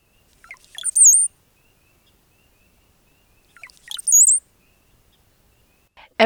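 Cowbird song given twice, each a few low bubbling gurgles followed by a thin, very high, slurred whistle, with about two seconds of quiet between.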